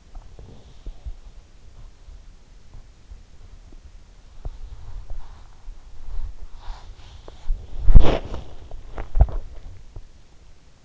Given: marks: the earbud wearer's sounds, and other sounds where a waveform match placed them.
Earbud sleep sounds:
sounds in sleep by an in-ear microphone; body movement
0.00-1.29 s: body movement
4.13-10.85 s: body movement

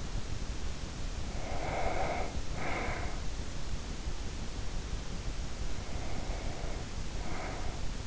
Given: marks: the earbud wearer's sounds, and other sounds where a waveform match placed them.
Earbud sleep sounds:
sounds in sleep by an in-ear microphone; breath
1.26-3.48 s: breath
5.59-8.07 s: breath

